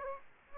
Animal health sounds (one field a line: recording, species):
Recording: mosquito wingbeat signal from an infrared sensor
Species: Aedes aegypti